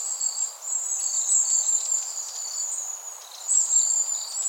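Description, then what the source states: Long-tailed tit calls: high, thin twittering bursts in a few separate clusters, with a continuous high-pitched hiss underneath. Recorded 21 September 2016.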